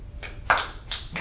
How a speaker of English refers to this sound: Okay, clap.